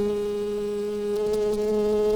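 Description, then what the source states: Shrill carder bee buzzing, a steady, even drone holding one pitch throughout with a strong harmonic above, without pauses. Queens.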